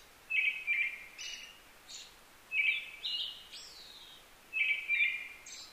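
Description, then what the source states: Brown-headed thrush song with three phrases, each a low double fluty note followed by high thin descending squeaky notes, steady rhythm, faint hiss behind. Recorded 15 May 2010 at 18:56.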